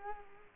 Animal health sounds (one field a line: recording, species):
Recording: mosquito wingbeat signal from an infrared sensor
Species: Culex quinquefasciatus